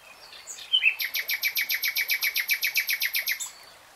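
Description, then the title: Nightingale song: a few soft opening notes, then a loud, evenly repeated buzzy note in a rapid series lasting over two seconds. Nightingale singing in real time. "[Tiếng chim hót] 3 Hours REALTIME Nightingale Singing"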